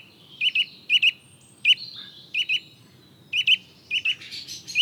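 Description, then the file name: Eurasian nuthatch calling with clipped, piping notes, often in quick pairs, spaced irregularly over a soft background hiss. "Sitta europaea"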